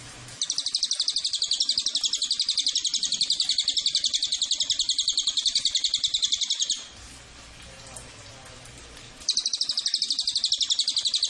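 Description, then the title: Cililin delivering a long, high, rapid trill of steady buzzy pulses for over six seconds, falling silent for a few seconds of hiss, then resuming. Used as a lure and tutor (pancingan, masteran) to attract the bird. "MASTERAN SUARA BURUNG CILILIN BISA JUGA PANCINGAN CILILIN"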